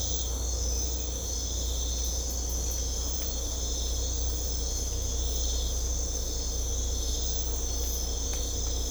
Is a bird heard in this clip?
no